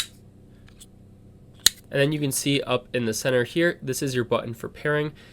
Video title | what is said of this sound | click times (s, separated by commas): How to use Beats Studio Buds + Tips/Tricks | Now, these earbuds do snap into place because they are magnetic, and you can hear that. | 0.7 s, 1.7 s